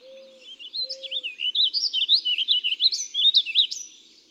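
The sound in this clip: Warbling vireo singing a fast, jumbled warble of rising and falling slurred notes, with two low drawn-out whistled tones near the start.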